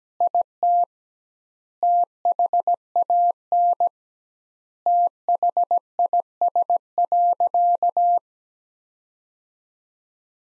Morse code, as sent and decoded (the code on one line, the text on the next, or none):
.. - / - .... .- -. / - .... .. ... .-.-.-
IT THAN THIS.